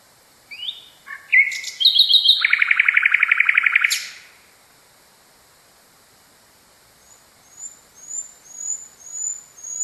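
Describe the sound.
Nightingale song: varied whistled notes and a fast rattling trill, a quiet gap, then a series of thin, high, rising whistles.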